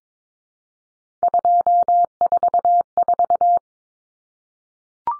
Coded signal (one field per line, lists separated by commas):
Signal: Morse code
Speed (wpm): 22 wpm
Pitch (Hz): 700 Hz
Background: none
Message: 244